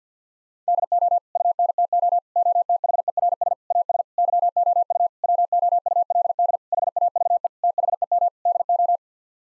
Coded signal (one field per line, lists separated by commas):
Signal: Morse code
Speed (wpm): 50 wpm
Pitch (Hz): 700 Hz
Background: none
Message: DO UNTO OTHERS AS YOU WOULD HAVE THEM DO